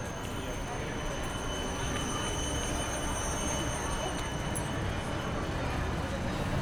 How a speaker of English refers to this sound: Ik rij nu langs langzaam rijdende trams. Ik zie ze in de Regulus Breestraat.